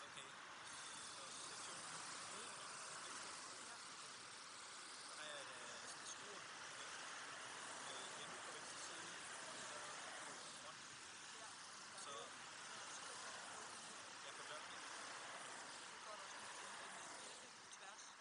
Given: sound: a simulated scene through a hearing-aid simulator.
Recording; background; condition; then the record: conversation; traffic; -6 dB SNR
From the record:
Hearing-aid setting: anchor resembling a broken hearing aid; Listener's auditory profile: A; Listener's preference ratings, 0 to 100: 3, 1, 0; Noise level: 75 dB SPL